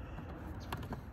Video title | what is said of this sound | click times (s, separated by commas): How to change the Mirror on a 2005 Chevrolet Silverado. | it does not need to be forced. You'll hear it click in. | 0.7 s